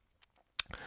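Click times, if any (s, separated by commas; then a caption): 0.6 s. A watch crown is pushed back in from the hacking position on a mechanical watch case. After a few faint small ticks, it gives a sharp, positive click at 0.6 s that restarts the movement, followed by lower rustling and handling noise. The crown is seated.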